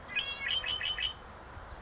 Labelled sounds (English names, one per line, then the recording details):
Red-winged Blackbird
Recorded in Sonoma County, California